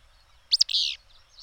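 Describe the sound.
Bird call: a pair of piercing high chips leading straight into a rasping, buzzy note lasting about a quarter second.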